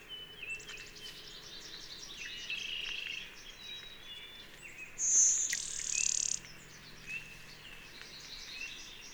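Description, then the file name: Blue-winged warbler gives a high, thin note then a dry buzz, over a busy background of other small birds chirping and insect hum. "Blue-winged Warbler - Vermivora cyanoptera"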